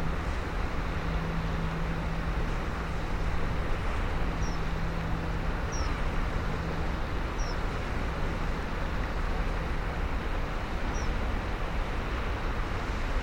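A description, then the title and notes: A field recording at Woodhill Bay, Portishead, filled with a steady, dense rumble like engine or traffic noise that never lets up. A low hum drones through the first ten seconds, and short high chirps, likely birds, sound around 4, 6, 7.5 and 11 seconds. Portishead Waves Ambience. Field recordings made at Woodhill Bay, Portishead. This was my first outing using the Sony PCM-M10, and involved some clambering on the headland rocks to try and get into a good position. The tide was quite far out, and the sea calm.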